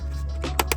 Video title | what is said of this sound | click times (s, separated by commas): 2007-2014 BMW X5 E70 X6 E71 Dual Slat Double Line Grill Install | boom till it snaps | 0.6 s, 0.7 s